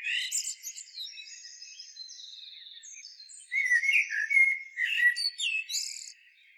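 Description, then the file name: Common blackbird song: high thin twittering and buzzy trills first, followed by a louder burst of mellow warbling with sharp high squeaks. "Turdus merula"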